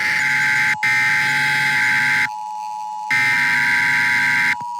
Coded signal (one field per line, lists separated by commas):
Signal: Emergency Alert System (SAME) tones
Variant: header bursts